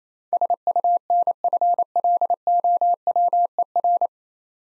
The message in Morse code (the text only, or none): SUNFLOWER